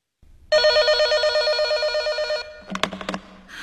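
A telephone rings in one long, steady electronic trill lasting about two seconds, followed by a few sharp clattering knocks like a handset being picked up.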